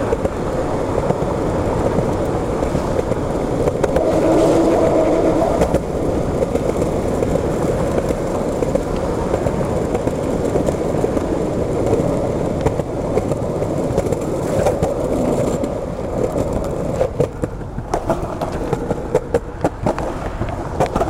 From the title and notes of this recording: We skate along the city's streets, sidewalks, and a bike path that runs alongside train tracks and crosses a river. Skating Under a Bridge.